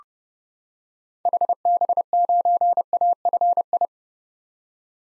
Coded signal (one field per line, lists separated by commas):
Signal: Morse code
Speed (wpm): 32 wpm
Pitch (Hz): 700 Hz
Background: none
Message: HB9AFI